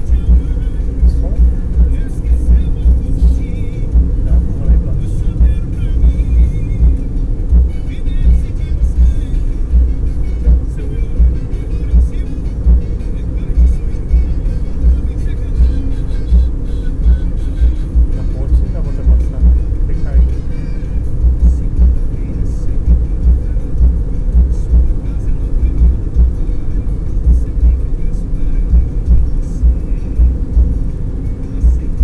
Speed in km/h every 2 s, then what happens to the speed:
76, 77, 74, 72, 72, 74, 75, 78, 78, 77, 77, 77, 75, 72, 72, 74.
0-6 steady at about 74. 6-14 speeds up to 78. 14-32 steady at about 77.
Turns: none.